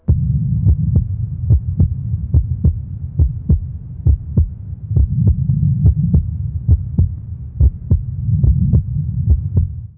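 Heart sounds of an adult, heard through a stethoscope.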